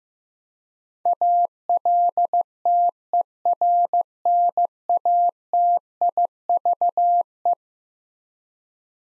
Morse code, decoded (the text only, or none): ALTERNATIVE